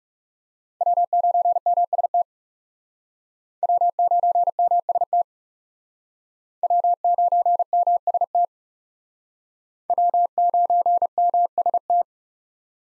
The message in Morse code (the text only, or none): W9MST W9MST W9MST W9MST